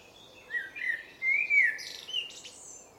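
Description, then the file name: Eurasian blackbird sings a warbled whistled phrase that swells and falls, finishing with short, high, scratchy chirps. "Turdus merula"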